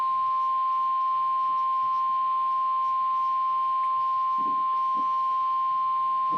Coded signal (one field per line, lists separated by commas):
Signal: Emergency Alert System (SAME) tones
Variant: 1050 Hz attention tone